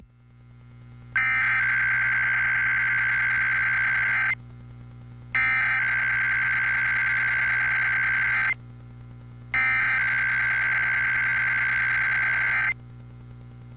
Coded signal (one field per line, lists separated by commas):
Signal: Emergency Alert System (SAME) tones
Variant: header bursts